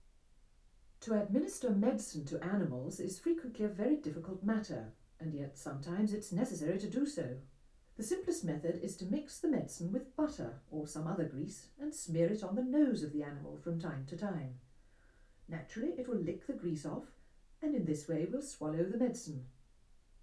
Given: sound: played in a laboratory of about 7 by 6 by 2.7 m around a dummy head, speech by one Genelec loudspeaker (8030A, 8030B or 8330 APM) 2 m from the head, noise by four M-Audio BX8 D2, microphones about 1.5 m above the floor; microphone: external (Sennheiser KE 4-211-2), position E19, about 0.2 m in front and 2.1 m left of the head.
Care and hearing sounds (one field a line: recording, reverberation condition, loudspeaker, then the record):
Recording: female speech in English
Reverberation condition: low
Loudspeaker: behind (180 degrees)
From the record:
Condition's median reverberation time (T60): about 310 ms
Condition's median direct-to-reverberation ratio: about 3.5 dB